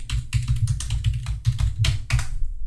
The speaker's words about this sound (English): Oh my goodness, it's like a blast from the past, hearing all that typing. Yeah, it sounds like somebody we know.